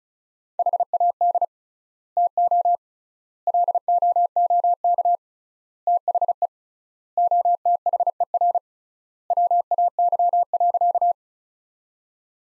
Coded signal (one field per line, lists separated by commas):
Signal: Morse code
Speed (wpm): 36 wpm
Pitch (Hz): 700 Hz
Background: none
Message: HAD TO LOOK THE OTHER WAY.